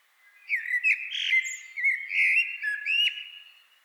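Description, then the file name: Common blackbird singing a continuous low fluted warble with slurred notes and thin, high squeaky twitters over the top. "Turdus merula"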